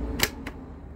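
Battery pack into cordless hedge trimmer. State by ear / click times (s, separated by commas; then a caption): partly seated / 0.2 s. A fully charged battery pack is dropped into the plastic housing of a STIHL HSA 56 cordless hedge trimmer and pressed once. A sharp click at 0.2 s marks the first-stage lock, followed by a quieter tick at 0.5 s. The pack is held in position but not yet touching the contacts.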